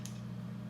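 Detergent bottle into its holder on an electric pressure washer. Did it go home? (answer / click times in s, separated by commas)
yes / 0.0 s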